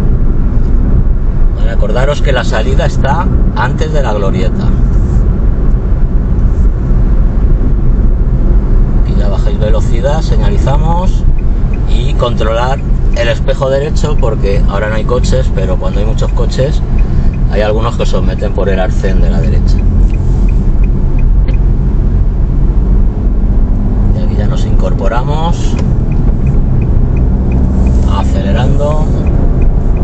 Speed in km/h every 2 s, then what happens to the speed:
61, 61, 58, 56, 50, 45, 39, 34, 32, 33, 37, 41, 47, 53, 64.
0-17 slows to 32. 17-30 speeds up to 64.